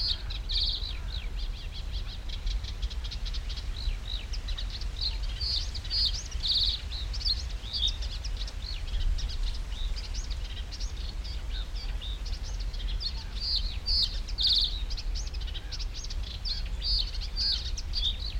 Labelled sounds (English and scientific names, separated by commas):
Eurasian Reed Warbler (Acrocephalus scirpaceus)